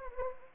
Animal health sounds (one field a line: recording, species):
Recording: mosquito wingbeat signal from an infrared sensor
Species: Anopheles gambiae